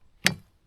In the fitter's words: You hear it click again.